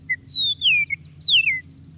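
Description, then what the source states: Meadowlark song, a short clear whistled phrase of slurred notes falling in pitch. Graceful melody with a characteristic rhythm.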